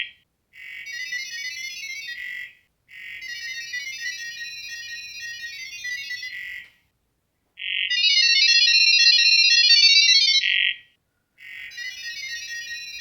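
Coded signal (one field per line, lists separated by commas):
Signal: data over sound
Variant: GGWave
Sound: four bursts of rapid, bright, warbling multi-tone chirping, like a fast musical ringtone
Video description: They communicate through **Gibberlink, powered by the GGWave protocol**, without any text or internet connection.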